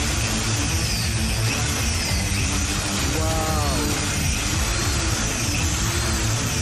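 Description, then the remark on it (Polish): A hammer drill runs with its hammer action engaged, a loud, steady rattling grind that holds without pause for several seconds, with a brief rising whine partway through. “A teraz z udarem, chłopaki.”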